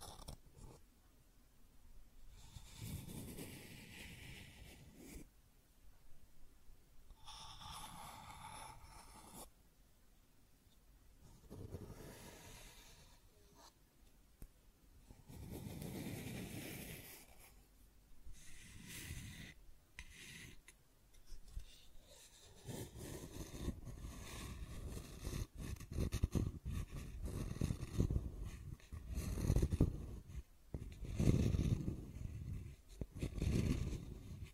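Scratching and tracing sounds come in separate strokes, each a rough, hissy scrape lasting a second or two, some bright and high, others low and grainy. The strokes are spaced out early on, then grow denser and louder after about 22 seconds.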